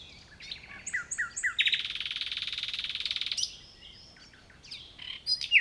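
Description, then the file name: Common nightingale song: varied whistled and clicking phrases, then a long fast buzzy rattle of repeated notes lasting nearly two seconds, followed by quieter twittering. "Luscinia megarhynchos"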